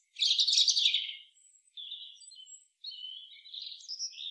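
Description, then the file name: European robin song: a dense, scratchy high warble, then thin drawn-out whistles and short high notes after a brief pause. "Erithacus rubecula"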